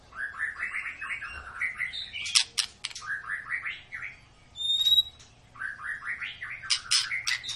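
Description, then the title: White-rumped shama song of rippling warbled runs broken by sharp clicks and a bright ringing whistle, the warbled phrase returning twice. Long continuous lure song used to make other shamas sing. "Pancingan Murai Batu Gacor Panjang"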